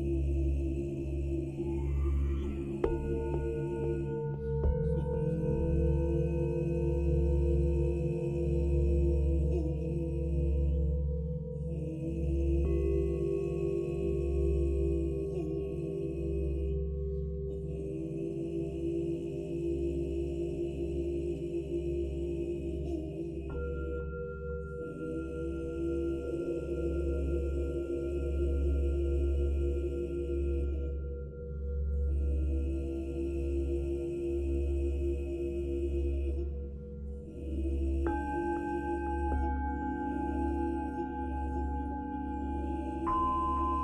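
Buddhist chanting hums low and steady under sustained ringing bell tones that shift pitch every few seconds, with a faint pulsing throb throughout.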